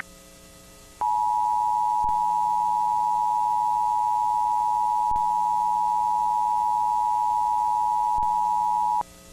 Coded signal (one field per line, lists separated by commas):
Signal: Emergency Alert System (SAME) tones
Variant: 853 and 960 Hz attention tone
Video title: Eas Mock - Another tornado in town...